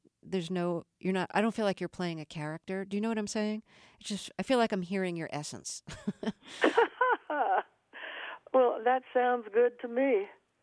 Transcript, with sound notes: Like, there's no - you're not - I don't feel like you're playing a character. Do you know what I'm saying? I feel like I'm hearing your essence.
(LAUGHTER)
Well, that sounds good to me.